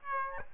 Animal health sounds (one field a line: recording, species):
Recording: mosquito wingbeat signal from an infrared sensor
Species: Aedes albopictus